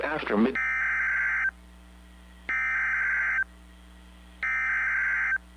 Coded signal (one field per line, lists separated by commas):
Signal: Emergency Alert System (SAME) tones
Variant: header bursts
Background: speech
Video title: Special Marine Warning EAS April 13 2023 Daytona Beach Weather Radio